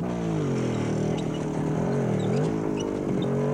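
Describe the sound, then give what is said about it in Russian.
Four German motorcycles with sidecars roll past a tank on a road, their engines making a steady, loud, low buzzing drone whose pitch wavers slightly up and down throughout. No voices are heard. “Мимо танка проезжает 4 немецких мотоцикла с коляской.”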